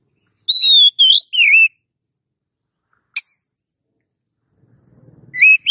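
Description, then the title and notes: Oriental magpie-robin song: three clear warbling whistled notes, a lone sharp click, then a rising whistle near the end. Long-duration kacer song used to train cage birds. "Master Kacer Durasi Panjang. Suara Masteran Burung Kacer Durasi Panjang"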